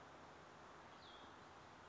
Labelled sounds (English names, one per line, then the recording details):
Cassin's Vireo
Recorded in Sonoma County, California